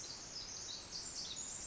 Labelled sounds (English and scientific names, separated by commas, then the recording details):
Pacific Wren (Troglodytes pacificus)
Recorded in Sonoma County, California